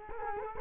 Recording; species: mosquito wingbeat signal from an infrared sensor; Culex quinquefasciatus